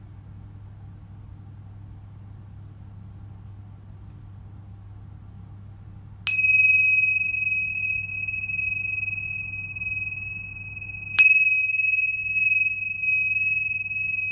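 Tibetan singing bowls ring out twice, at about six and eleven seconds, each a long bright sustained tone over a low steady hum.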